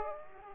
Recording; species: mosquito wingbeat signal from an infrared sensor; Aedes aegypti